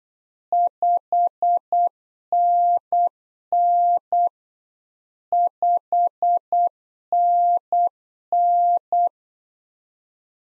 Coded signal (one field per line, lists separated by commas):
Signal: Morse code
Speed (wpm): 8 wpm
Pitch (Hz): 700 Hz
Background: none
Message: 5NN 5NN